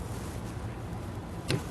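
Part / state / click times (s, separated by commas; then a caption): wiper blade onto wiper arm / seated / 1.5 s. A new one-piece wiper blade, its metal attachment and rubber insert in a single unit, is pushed onto the hook of a wiper arm over a steady low background hum. A short, sharp click at 1.5 s marks the blade clipping into place and seating securely on the arm.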